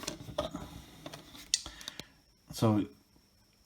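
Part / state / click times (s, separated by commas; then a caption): magnetic card holder halves closing around a trading card / seated / 1.5 s. A trading card is placed in a plastic magnetic card holder and the two halves are closed together around it. After a few light handling clicks, the holder snaps shut with a sharp click at 1.5 s and is seated, with a couple of softer ticks following. Someone then talks.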